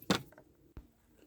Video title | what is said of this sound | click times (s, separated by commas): Primer Bulb Removal and Replacement Stihl FS36 Part 2 | And you're going to push until it snaps into place. Got it. | 0.1 s